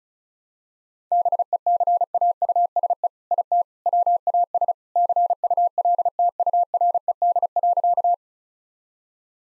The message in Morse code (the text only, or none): BECAUSE IT WAS CULTURED.